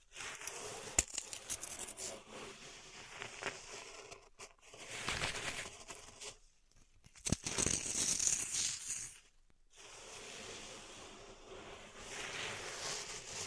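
Pink salt being raked and stirred in a zen garden: grainy, hissing scrapes that swell and fade in uneven bursts, broken by short silences around 4.5, 6.5 and 9.5 seconds. A sharp tap lands near the first second, and the final strokes settle into a steadier, quieter rustle.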